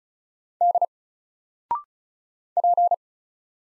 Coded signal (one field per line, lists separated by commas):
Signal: Morse code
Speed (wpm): 36 wpm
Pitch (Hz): 700 Hz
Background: none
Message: D P